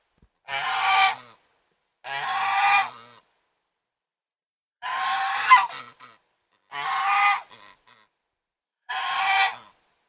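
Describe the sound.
Domestic goose calls in harsh, nasal honks, five in total.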